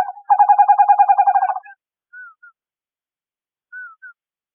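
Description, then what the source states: Western screech owl: a fast, steady series of low pulsed hoots for over a second, followed by two pairs of soft, slurred whistled notes. Recorded 4 June 2008.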